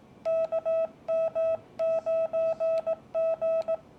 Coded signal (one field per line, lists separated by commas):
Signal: Morse code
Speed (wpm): 17 wpm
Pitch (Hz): 650 Hz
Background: none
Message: KM9G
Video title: Get Ready To MORSE!